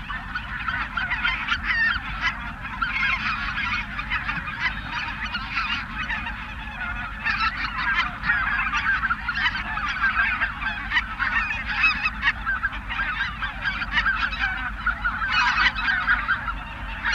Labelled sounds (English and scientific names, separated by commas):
Greater White-fronted Goose (Anser albifrons) call